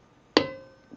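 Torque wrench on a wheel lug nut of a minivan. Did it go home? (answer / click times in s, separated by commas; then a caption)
yes / 0.4 s. A torque wrench tightening a wheel lug nut on a 2005 Nissan Quest minivan, worked in a crisscross pattern during a brake rotor repair, gives a single sharp click at 0.4 s. The click rings briefly with metallic overtones and then fades over quiet background. It marks the wrench reaching its torque setting.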